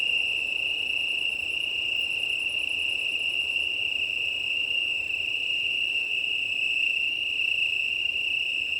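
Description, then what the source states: Chorus of Italian tree crickets, a sustained high trill, joined early on by a very high, rapidly pulsed ticking, with wind underneath. Chorus of many Italian tree crickets, 18 September 2019, 20:35, early night, Plateau de Lesches en Diois, Drôme, France; windy; recorded on a Nomad six-track recorder with MKH8020 microphones.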